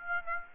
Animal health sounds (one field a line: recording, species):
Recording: mosquito wingbeat signal from an infrared sensor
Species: Aedes aegypti